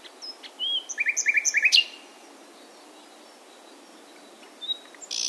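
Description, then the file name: Nightingale song: a few soft notes, then a crescendo of fast repeated notes ending in a sharp flourish, followed by quiet and a few faint notes. "Luscinia megarhynchos"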